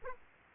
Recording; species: mosquito wingbeat signal from an infrared sensor; Aedes aegypti